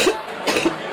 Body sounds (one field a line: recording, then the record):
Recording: coughing mixed with background sound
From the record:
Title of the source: 61 morning phlegmy cough...again